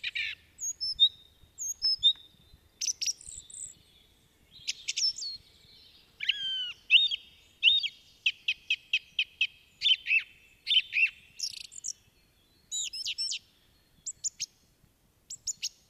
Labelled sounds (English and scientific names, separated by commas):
Song Thrush (Turdus philomelos) song